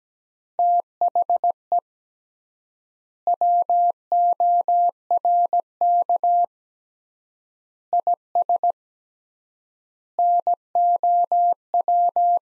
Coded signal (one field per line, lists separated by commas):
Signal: Morse code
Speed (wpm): 17 wpm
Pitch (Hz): 700 Hz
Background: none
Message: THE WORK IS NOW